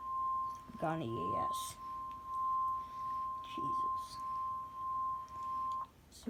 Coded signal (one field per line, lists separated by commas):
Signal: Emergency Alert System (SAME) tones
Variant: 1050 Hz attention tone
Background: speech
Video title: EAS #7 severe thunderstorm warning!!!